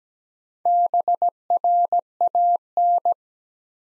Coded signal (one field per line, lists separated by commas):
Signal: Morse code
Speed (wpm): 17 wpm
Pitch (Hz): 700 Hz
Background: none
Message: BRAN